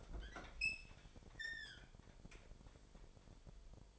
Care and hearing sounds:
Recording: daily activity, microphone in the room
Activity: open fridge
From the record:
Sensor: 5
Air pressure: 1002.1 hPa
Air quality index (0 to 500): 225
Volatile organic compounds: 29 ppm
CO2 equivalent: 2934 ppm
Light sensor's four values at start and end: 9/21/8/10 and 10/23/10/11

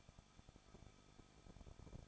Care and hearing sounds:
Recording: daily activity, microphone in the room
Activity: no activity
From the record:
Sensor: 5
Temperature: 20.8 degrees Celsius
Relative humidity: 38.6%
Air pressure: 1006.5 hPa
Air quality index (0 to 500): 192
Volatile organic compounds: 21 ppm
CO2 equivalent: 2716 ppm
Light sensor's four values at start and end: 2/3/1/1 and 2/3/1/1

